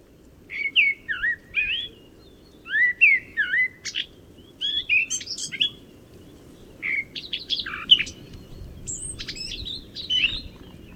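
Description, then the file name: Eurasian blackcap song: short warbled phrases of slurred whistles and chirps, separated by brief gaps, over a faint background hiss. "Sylvia atricapilla"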